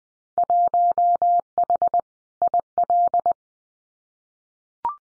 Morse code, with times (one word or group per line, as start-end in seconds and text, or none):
0.4-2.0 1H
2.4-3.3 IL